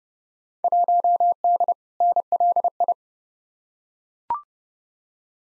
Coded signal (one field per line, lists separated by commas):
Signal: Morse code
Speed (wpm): 30 wpm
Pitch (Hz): 700 Hz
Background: none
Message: 1D NLI